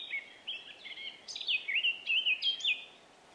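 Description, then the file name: Eurasian blackcap song: a rich warbling phrase of varied notes that grows louder and clearer, ending in loud fluting whistles that swoop up and down. "Sylvia atricapilla"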